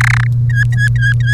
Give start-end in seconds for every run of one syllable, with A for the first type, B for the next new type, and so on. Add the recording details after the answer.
0.01-0.27 A, 0.50-1.33 B. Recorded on 1 May 2018 at 06:00. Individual llb3